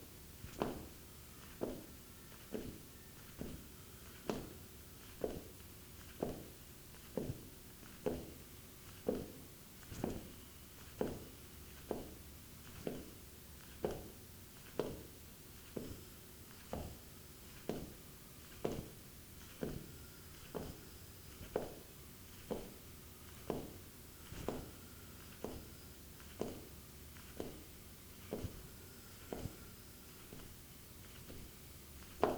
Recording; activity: daily activity, guitar pickup as the sensor; jump